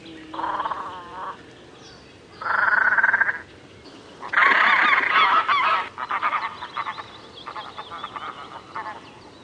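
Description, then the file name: Great crested grebe calling with loud, grating croaks, a long rasping burst in the middle followed by quicker stuttering notes. "Svasso maggiore"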